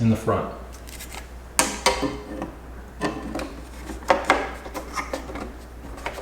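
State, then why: Seated. On a Kobalt 10-inch folding table saw, the throat plate insert is angled down at the back and pressed so it snaps into the table opening at the front, seating with a sharp snap at 1.6 s. Someone talks. Further clicks and scraping follow, with sharp knocks near 1.9 s, 4.1 s and 4.3 s.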